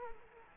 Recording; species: mosquito wingbeat signal from an infrared sensor; Culex quinquefasciatus